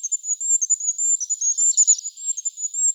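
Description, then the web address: Goldcrest giving a stream of very high, thin, sibilant notes running throughout, with a slightly denser burst of notes midway. Recorded in Slovenia. "Regulus regulus"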